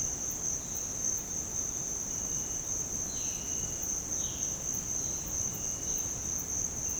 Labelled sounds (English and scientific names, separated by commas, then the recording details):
Violaceous Jay (Cyanocorax violaceus)
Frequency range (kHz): Violaceous Jay (Cyanocorax violaceus) 2.1-4.3 kHz
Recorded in dense forest near Puerto Asís, Putumayo, Colombia, on 21 February 2024 at 06:30
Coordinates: 0.486, -76.316
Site G6437